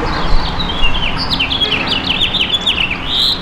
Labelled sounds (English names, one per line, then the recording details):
House Finch song
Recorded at Baldwin on Long Island, New York, on 28 May 2013
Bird J